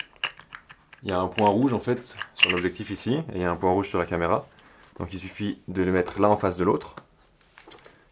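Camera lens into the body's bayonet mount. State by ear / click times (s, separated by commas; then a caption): seated / 7.7 s. A camera lens is mounted on a Konica Autoreflex A3, with the red dot on the lens lined up with the red dot on the camera body before it is turned clockwise on the bayonet mount. Someone talks through most of the clip, with small handling clicks at the start and the end. A sharp click at 7.7 s marks the lens locking home in the mount, fully seated.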